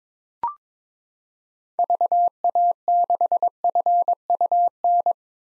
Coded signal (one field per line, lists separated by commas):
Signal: Morse code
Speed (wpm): 22 wpm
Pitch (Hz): 700 Hz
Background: none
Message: VA6FUN